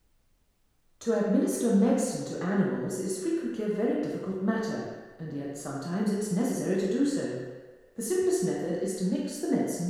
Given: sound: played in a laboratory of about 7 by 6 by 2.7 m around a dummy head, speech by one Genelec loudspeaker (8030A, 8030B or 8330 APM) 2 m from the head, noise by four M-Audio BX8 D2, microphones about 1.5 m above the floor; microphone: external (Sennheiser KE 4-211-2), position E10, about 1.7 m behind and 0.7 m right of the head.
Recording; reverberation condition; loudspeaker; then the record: female speech in English; high; 120 degrees to the right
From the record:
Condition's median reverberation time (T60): about 1300 ms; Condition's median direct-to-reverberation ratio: about -4.0 dB